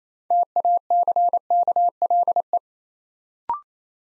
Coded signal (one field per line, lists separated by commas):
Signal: Morse code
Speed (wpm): 27 wpm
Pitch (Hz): 700 Hz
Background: none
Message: TACKLE